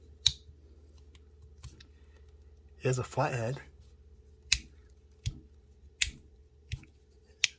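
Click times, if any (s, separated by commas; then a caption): 4.5 s, 6.0 s, 7.4 s. The small flathead screwdriver arm of an Otacle P1 Black EDC utility tool, an 11-in-1 multifunctional pocket tool, is flipped open and closed several times against the tool body while someone talks briefly. It snaps into place with sharp clicks at 4.5, 6.0 and 7.4 seconds, seating firmly with good tension.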